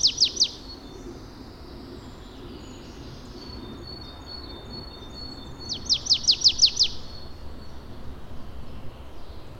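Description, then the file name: Marsh tit calling with a quick run of sharp, descending chip notes, a short burst of three, then a longer string of about seven, with faint thin tones between. "Poecile palustris"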